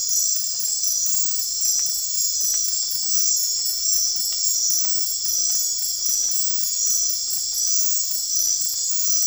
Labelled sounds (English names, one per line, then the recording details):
none
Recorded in dense forest near Puerto Asís, Putumayo, Colombia, on 8 March 2025 at 00:30
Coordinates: 0.503, -76.323
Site GP09